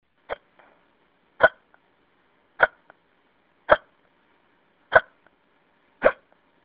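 An adult's hiccups: six sharp, brief hiccups about a second apart, each with a faint follow-up click, in quiet phone-line hiss.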